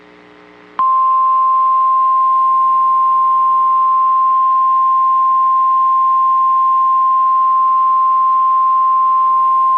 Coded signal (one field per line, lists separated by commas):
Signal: Emergency Alert System (SAME) tones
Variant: 1050 Hz attention tone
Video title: Early Saturday Morning Wake-up Call: EAS Alerts from the morning of March 8, 2025